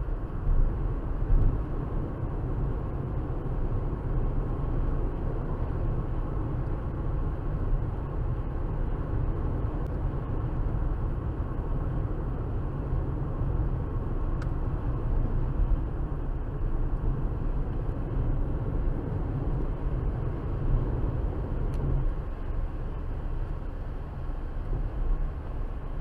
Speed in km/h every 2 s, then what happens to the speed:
87, 90, 93, 93, 95, 93, 92, 90, 87, 87, 90, 92, 89.
0-8 speeds up to 95. 8-18 slows to 87.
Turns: none.